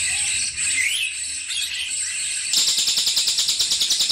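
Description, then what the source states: Streaked spiderhunter: after a hissy, mixed stretch with other faint calls, a fast series of high, sharp repeated chips begins and continues to the end. Indonesian bird-keepers' tutor (masteran) recording; song described as lively, clear and long.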